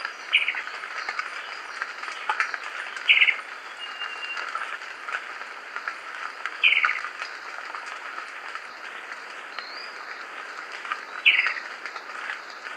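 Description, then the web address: Bicolored antvireo calls: a few short sharp notes spaced a few seconds apart, against a constant insect buzz. Recorded in Ecuador. "Birds of Ecuador. Bicolored Antvireo"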